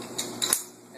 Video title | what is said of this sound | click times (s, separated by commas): MK 19 reassemble | slide it over and you'll hear it click into place | 0.5 s